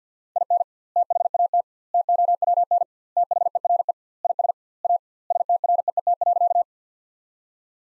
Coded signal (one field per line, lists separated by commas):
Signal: Morse code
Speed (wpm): 50 wpm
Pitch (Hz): 700 Hz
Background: none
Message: IN THAT TOWN THERE IS A STREET.